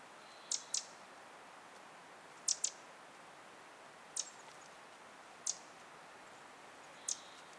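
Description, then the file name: Eurasian wren calls: crisp high clicking notes, singly or in doubled pairs, repeated every one to two seconds against quiet background. "Troglodytes troglodytes"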